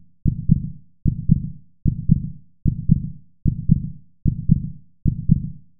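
Steady, regular low double thumps, lub-dub pairs repeating at about 78 beats a minute, with quiet gaps between. A clean, evenly paced heartbeat at a normal resting rate.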